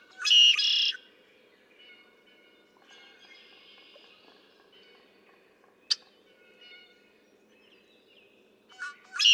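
Red-winged blackbird song: a loud, harsh buzzy trill lasting under a second, repeated at the end, with faint notes and a sharp click between.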